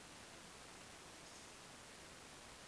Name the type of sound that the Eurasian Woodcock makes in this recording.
whistle